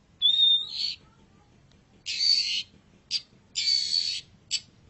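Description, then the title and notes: Long-tailed shrike giving a whistled note that ends in a buzz, then two harsh, raspy buzzes, each followed by a short burst. Champion (juara) bird singing (kicauan). "Kicau Burung Cendet Juara. Audio Kicauan Burung Cendet Juara"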